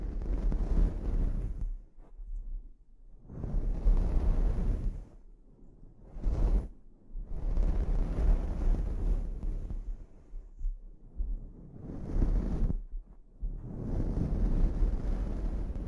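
Scalp treatment sounds: rough rubbing and rustling swells in bursts every couple of seconds, with a low, muffled rumble between strokes.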